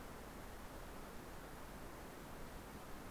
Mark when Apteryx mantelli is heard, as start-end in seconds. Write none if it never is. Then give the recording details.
none. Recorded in New Zealand on 24 November 2015. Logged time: 04:12. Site DD67